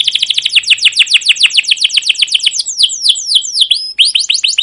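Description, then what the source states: Canary song: a quick series of high, falling chirps at several per second, slowing into varied looping whistles. Song used as a lure (pancingan) to train other canaries to sing; long continuous singing with cuit-cuit notes and rolling (ngerol) passages.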